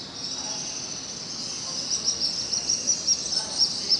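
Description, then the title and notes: Swiftlets in a continuous high-pitched chattering chorus, with louder sharp chirps pulsing every fraction of a second in the second half. Swiftlet colony nesting in concrete corners under Pasar Sentral bridge, Pangkajene; flying around the bridge, foraging over housing and busy open market; heard every morning. "Kolong Walet. suara dari anggota keluarga Burung Walet yang bersarang di sudut-sudut beton bawah Jembatan Pasar Sentral Pangkajene"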